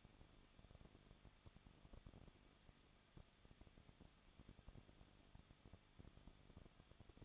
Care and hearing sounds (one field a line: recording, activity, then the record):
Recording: daily activity, microphone in the room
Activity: no activity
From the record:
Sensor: 4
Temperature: 23.0 degrees Celsius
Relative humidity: 34.5%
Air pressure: 1007.2 hPa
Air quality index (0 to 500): 216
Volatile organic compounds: 15 ppm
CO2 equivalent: 2505 ppm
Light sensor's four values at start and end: 2/3/1/1 and 2/3/1/1